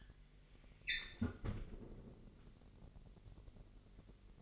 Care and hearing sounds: daily activity, microphone in the room; close fridge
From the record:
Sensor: 4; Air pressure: 1002.7 hPa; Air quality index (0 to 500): 240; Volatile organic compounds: 17 ppm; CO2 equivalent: 2573 ppm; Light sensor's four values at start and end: 4/10/4/4 and 4/11/4/4

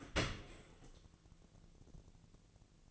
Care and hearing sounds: daily activity, microphone in the room; open dishwasher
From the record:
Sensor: 4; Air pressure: 1001.3 hPa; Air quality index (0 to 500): 182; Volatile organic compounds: 2 ppm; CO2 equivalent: 1298 ppm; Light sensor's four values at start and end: 11/25/10/11 and 11/25/10/10

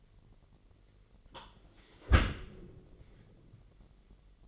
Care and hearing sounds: daily activity, microphone in the room; close dishwasher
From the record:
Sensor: 4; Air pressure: 999.1 hPa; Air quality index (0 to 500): 122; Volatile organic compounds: 2 ppm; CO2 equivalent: 1203 ppm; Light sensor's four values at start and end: 7/17/7/7 and 8/19/7/8

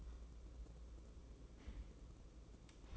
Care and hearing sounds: daily activity, microphone in the room; take from stove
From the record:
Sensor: 1

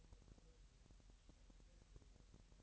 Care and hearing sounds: daily activity, microphone in the room; take from stove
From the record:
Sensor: 3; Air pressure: 1002.0 hPa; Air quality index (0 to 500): 246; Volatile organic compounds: 48 ppm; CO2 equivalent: 3276 ppm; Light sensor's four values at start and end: 6/15/6/6 and 6/15/6/6

